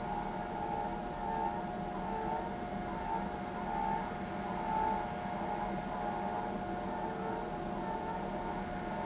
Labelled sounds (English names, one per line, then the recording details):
none
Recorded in pastures near Pivijay, Magdalena, Colombia, on 16 April 2023 at 03:00
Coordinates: 10.456, -74.369
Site P6-G026